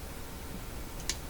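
A flat screwdriver blade set in the slot of a small screw in the chassis of a Hallicrafters TW2000 communications receiver is turned. It twists, ramps up and cams out of the slot with a short, sharp metallic tick at 1.1 s, leaving the screw stripped and unturned.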